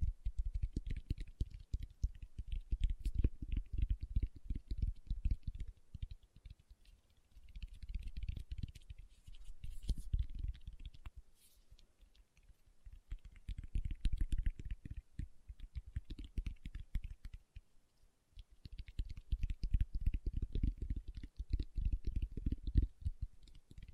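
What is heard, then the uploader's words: Fingertips tap in quick, dense bursts, each stroke a dull low thump with a light clicky edge, much like typing on a keyboard. The tapping comes in runs of several seconds separated by brief quieter gaps, around 7, 12 and 17 seconds. ASMR Tapping with Fingertips (No Talking).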